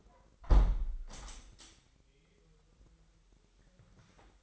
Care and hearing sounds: daily activity, microphone in the room; close window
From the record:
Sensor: 3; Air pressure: 998.0 hPa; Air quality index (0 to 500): 141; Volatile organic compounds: 4 ppm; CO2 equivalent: 1688 ppm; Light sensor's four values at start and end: 14/41/16/15 and 14/41/16/15

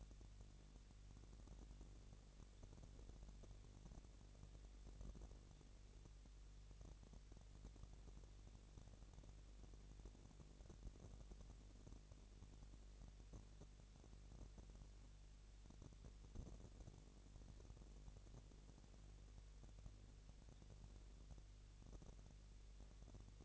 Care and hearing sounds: daily activity, microphone in the room; no activity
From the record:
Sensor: 4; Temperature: 22.5 degrees Celsius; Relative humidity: 33.4%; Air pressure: 999.6 hPa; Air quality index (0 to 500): 230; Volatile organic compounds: 20 ppm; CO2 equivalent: 2702 ppm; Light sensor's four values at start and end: 2/3/1/1 and 2/3/1/1

